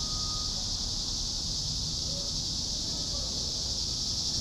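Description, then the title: Cicada chorus as a quieter steady shrill buzz, with faint low rumbling underneath. "neoscenes: cicadas"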